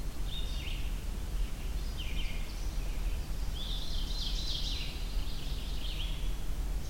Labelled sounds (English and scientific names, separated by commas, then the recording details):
Ovenbird (Seiurus aurocapilla) song
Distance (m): 55 m
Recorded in boreal forest in Alberta, Canada, on 23 June 2016 at 07:02
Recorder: SongMeter 3, array SBT-6-76
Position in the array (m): 305 m, 110 m
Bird 1